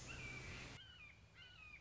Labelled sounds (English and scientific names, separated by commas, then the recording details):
Red-shouldered Hawk (Buteo lineatus)
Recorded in Sonoma County, California